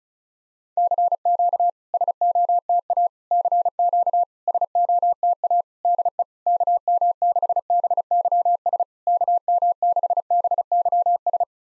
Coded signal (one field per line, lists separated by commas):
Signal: Morse code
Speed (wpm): 36 wpm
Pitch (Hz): 700 Hz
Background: none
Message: CQ SOTA CQ SOTA DE KM6BYS KM6BYS